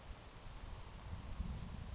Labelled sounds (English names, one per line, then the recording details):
Savannah Sparrow
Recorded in Sonoma County, California